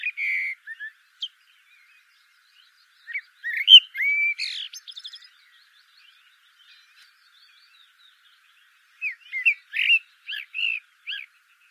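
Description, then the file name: Common blackbird song: three phrases of fluty warbling notes, separated by pauses of a few seconds. "Turdus merula"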